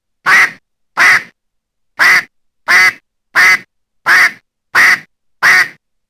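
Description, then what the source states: Mallard quacking: eight loud nasal quacks in a steady series, broken by one slightly longer pause near the start. Summons call (Polish 'wezwanie').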